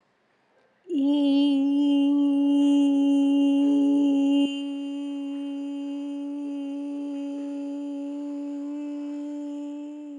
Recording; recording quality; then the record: sustained vowel as in beet; excellent, no background noise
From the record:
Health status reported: healthy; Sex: female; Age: 35 years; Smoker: no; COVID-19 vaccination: one dose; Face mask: not worn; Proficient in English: yes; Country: India